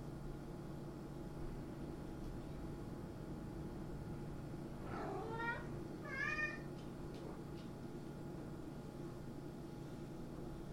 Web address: il suono di un gatto in cucina